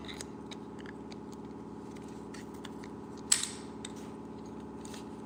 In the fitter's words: until it snaps.